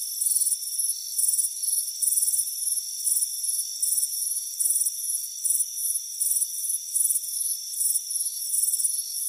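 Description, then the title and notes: Cricket chirping as bright trilled bursts repeating somewhat unevenly, under two per second, with a steady high ringing hum beneath. Crickets chirping on a warm afternoon by a front porch. "Soothing Crickets Chirping Sound. It's a warm afternoon as you relax in a hammock on the front porch. Relax and fall asleep to the soothing sound of chirping crickets. Deep Sleep Sounds"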